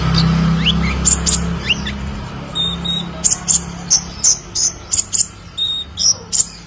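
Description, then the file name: Sunbird song: a series of sharp high chirps, with a low hum in the first part. "Kolibri Lebah"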